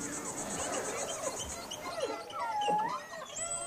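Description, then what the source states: Beluga whale sounds: a rapid pulsed buzz of clicks, then a dipping U-shaped whistle and a short rising squeal at the end, over background hiss. Wild belugas; called canaries of the sea.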